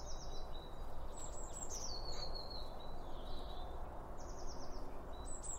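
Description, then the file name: Birds chirping in high, thin notes, with quick downslurred runs and longer sliding whistles, over a steady low rumble of background noise. Around a bird feeder; recorded with two Line Audio OM 1. "Birds Around Birdfeeding With Two Om 1 From Line Audio"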